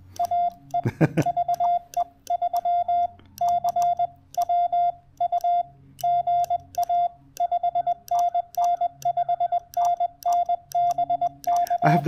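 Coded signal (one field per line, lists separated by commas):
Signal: Morse code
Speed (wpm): 20 wpm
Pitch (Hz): 690 Hz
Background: radio noise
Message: AE VE3CWU GA 5NN 5NN BK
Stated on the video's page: QRP Parks on the Air activation with a TR-45L transceiver.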